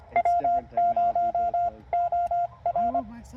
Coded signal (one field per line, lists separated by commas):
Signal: Morse code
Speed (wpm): 22 wpm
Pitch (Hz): 700 Hz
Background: speech, radio noise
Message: W0OR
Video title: TR-45L take two: CW POTA at Chenango Valley State Park